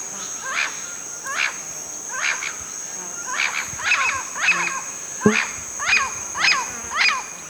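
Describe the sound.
Bird calls: short, sharp chirps that drop in pitch, repeated roughly every half to one second, over a steady high-pitched hiss or hum.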